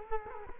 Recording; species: mosquito wingbeat signal from an infrared sensor; Culex quinquefasciatus